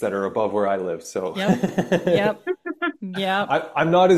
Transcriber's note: laughs